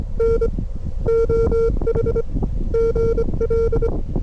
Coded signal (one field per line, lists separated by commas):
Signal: Morse code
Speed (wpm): 25 wpm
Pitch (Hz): 500 Hz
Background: none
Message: N OH GL